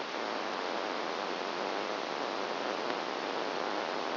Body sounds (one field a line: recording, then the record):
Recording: brain microelectrode recording played as sound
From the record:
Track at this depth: outside the subthalamic nucleus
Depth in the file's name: 5.002 mm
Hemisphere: left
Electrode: 1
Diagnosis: Parkinson's disease